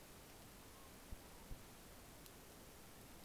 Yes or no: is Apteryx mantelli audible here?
no